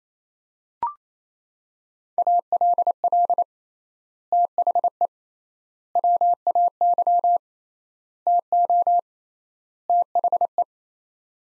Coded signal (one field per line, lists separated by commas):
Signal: Morse code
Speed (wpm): 28 wpm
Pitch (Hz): 700 Hz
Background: none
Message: ALL THE WAY TO THE